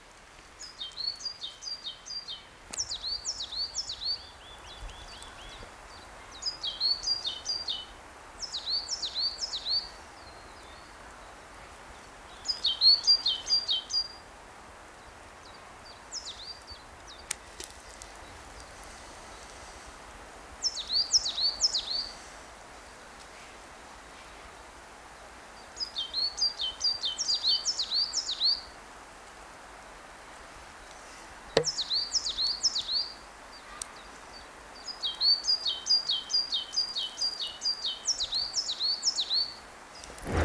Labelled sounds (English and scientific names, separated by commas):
Coal Tit (Periparus ater) song